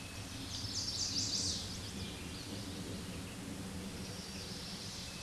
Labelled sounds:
Chestnut-sided Warbler song
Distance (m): 20 m
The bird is about 5 m above the microphone
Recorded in a Pennsylvania forest on 16 May 2024 at 09:47
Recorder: AudioMoth, point MSD-1849
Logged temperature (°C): 12.1 °C
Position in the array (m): 16 m, 25 m

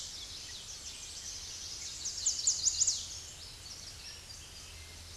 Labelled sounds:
Chestnut-sided Warbler song
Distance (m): 25 m
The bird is about 5 m above the microphone
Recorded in a Pennsylvania forest on 16 May 2024 at 08:09
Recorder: AudioMoth, point MSD-2074
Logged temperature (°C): 16.3 °C
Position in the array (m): 180 m, 182 m

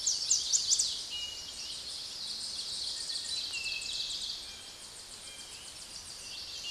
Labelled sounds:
Ovenbird song
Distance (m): 40 m
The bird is about 5 m above the microphone
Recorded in a Pennsylvania forest on 16 May 2024 at 06:00
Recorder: AudioMoth, point MSD-1534
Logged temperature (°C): 15.6 °C
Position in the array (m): 79 m, 7 m

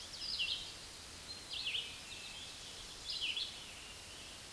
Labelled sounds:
Red-eyed Vireo song
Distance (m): 25 m
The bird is about 20 m above the microphone
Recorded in a Pennsylvania forest on 16 May 2024 at 06:31
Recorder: AudioMoth, point MSD-2201
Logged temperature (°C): 15.5 °C
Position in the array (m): 165 m, 72 m

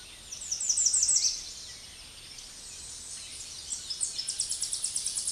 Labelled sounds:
American Redstart song
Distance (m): 15 m
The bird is about 10 m above the microphone
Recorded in a Pennsylvania forest on 16 May 2024 at 08:12
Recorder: AudioMoth, point MSD-2027
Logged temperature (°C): 15.6 °C
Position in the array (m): 102 m, 243 m

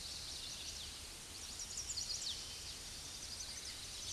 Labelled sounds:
Chestnut-sided Warbler song
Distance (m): 50 m
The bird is about level with the microphone
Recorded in a Pennsylvania forest on 16 May 2024 at 07:32
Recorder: AudioMoth, point MSD-2257
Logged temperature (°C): 16.0 °C
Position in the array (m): 163 m, 215 m

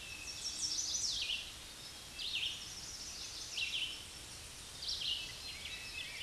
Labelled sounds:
Red-eyed Vireo song
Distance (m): 25 m
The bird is about 15 m above the microphone
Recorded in a Pennsylvania forest on 16 May 2024 at 06:59
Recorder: AudioMoth, point MSD-2095
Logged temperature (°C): 16.3 °C
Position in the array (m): 159 m, 66 m

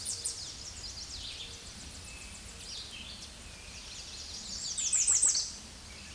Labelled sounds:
American Redstart song
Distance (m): 15 m
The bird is about 10 m above the microphone
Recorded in a Pennsylvania forest on 16 May 2024 at 06:53
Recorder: AudioMoth, point MSD-0827
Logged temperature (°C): 12.1 °C
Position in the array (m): 117 m, 204 m

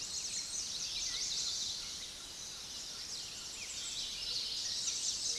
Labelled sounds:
American Redstart song
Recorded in a Pennsylvania forest on 16 May 2024 at 06:12
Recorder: AudioMoth, point MSD-0407
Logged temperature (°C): 15.8 °C
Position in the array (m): 104 m, 221 m

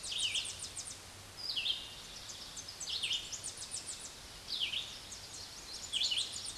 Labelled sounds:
Red-eyed Vireo song
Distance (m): 25 m
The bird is about 20 m above the microphone
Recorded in a Pennsylvania forest on 16 May 2024 at 06:41
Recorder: AudioMoth, point MSD-2258
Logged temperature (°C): 15.2 °C
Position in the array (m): 165 m, 73 m

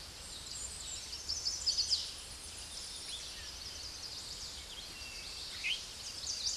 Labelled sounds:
Chestnut-sided Warbler song
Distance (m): 20 m
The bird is about level with the microphone
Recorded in a Pennsylvania forest on 16 May 2024 at 08:24
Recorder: AudioMoth, point MSD-1534
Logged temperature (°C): 15.6 °C
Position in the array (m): 51 m, 41 m

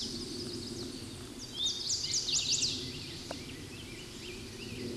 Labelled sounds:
Chestnut-sided Warbler song
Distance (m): 10 m
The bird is about level with the microphone
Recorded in a Pennsylvania forest on 16 May 2024 at 09:00
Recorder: AudioMoth, point MSD-1534
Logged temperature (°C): 15.6 °C
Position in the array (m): 35 m, 30 m

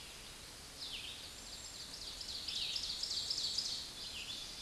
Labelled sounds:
Red-eyed Vireo song
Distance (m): 30 m
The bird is about 10 m above the microphone
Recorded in a Pennsylvania forest on 16 May 2024 at 09:03
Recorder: AudioMoth, point MSD-1539
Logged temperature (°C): 16.0 °C
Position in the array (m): 150 m, 27 m

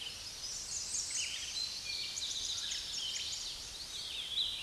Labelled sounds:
American Redstart song
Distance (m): 50 m
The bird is about 20 m above the microphone
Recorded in a Pennsylvania forest on 16 May 2024 at 06:17
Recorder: AudioMoth, point MSD-2110
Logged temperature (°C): 16.4 °C
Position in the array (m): 34 m, 220 m

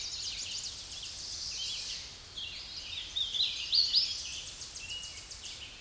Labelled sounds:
Hooded Warbler song
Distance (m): 25 m
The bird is about 5 m above the microphone
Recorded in a Pennsylvania forest on 16 May 2024 at 08:17
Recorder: AudioMoth, point MSD-2110
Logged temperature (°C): 16.4 °C
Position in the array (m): 55 m, 173 m

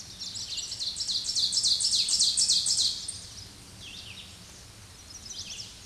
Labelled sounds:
Ovenbird song
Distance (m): 5 m
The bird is about level with the microphone
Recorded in a Pennsylvania forest on 16 May 2024 at 07:51
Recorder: AudioMoth, point MSD-0475
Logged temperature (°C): 12.3 °C
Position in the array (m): 149 m, 2 m

